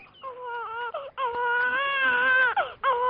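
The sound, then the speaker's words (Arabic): A newborn baby boy, just delivered, cries in long, high-pitched wavering wails with brief breaks between them, the cry sustained and fairly loud throughout without any talking. “أنا لا أصدق أنني أصبحت أبا لهذا الطفل الرائع الجمال.”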